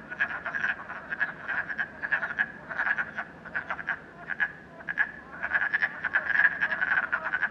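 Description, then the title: Frogs in chorus, bursts of rapid pulsed croaks separated by short quieter gaps, growing denser toward the end. Frogs in a puddle at night in Canada, recorded during COVID-19. "Frogs, Night, Train, Canada"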